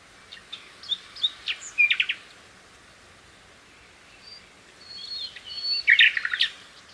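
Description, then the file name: Common nightingale song: scattered sharp high notes and a quick burst of repeated pulses, a pause with thin drawn-out whistles, then a rich rattling phrase near the end. "Luscinia megarhynchos"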